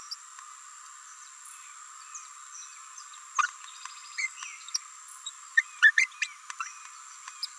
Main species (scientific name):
Forpus passerinus